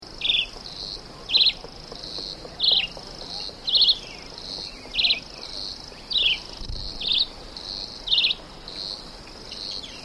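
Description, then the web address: Red-eyed Vireo delivering a steady run of short warbled phrases, each slightly varied, against a continuous shrill insect background. "cantos chivicomun"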